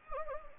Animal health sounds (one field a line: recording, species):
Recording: mosquito wingbeat signal from an infrared sensor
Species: Anopheles gambiae